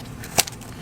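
The release tab on a plastic wiring harness connector is pushed down and the plug is pulled off an ignition coil pack that sits on top of a spark plug in a 2013-2020 Nissan Rogue. A sharp click is heard at 0.4 s, and a second, softer click follows at 0.5 s. The connector releases and the plug comes off the coil.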